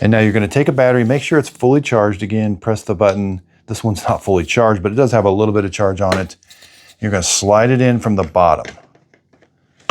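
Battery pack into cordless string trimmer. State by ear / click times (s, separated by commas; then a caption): not seated / none. Someone talks while handling a partly charged 20V battery pack for a WORX 20V cordless string trimmer, pressing the button and getting ready to slide the pack in from the bottom. Brief faint sounds come near the end at about 9.1 s and 9.9 s. The pack has not yet seated or clicked into the trimmer.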